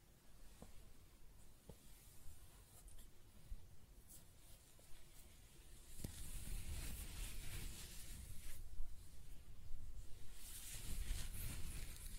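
Close-up hair sounds: soft scratching and brushing rustle against a low, muffled rumble. It begins quiet with a few light ticks, then turns denser and louder from about six seconds, with bright hissing strokes in bursts, strongest near the end.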